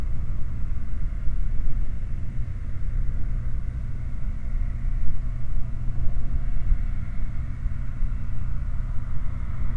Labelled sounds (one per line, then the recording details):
machinery
flare stack
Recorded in the Prudhoe Bay oil fields, Alaska, on 15 August 2019 at 20:14
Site 29